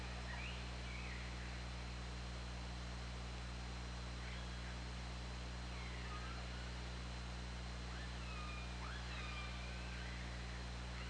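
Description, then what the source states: Killer whale calls, faint rising and falling whistled tones and short upswept sounds appearing irregularly over constant underwater noise and a low droning hum. Hydrophone at OrcaLab, 24 August 2017, 20:45:57.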